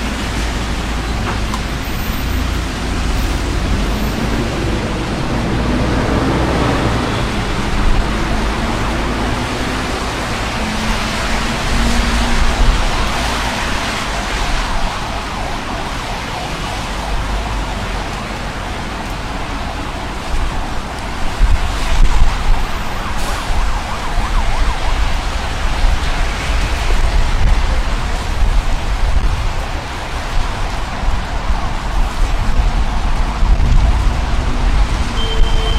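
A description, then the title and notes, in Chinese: Walking through city streets in the rain at night, steady hiss of rain and traffic rumble, with a faint siren wailing around ten seconds. 晚上在城市街头的雨中行走。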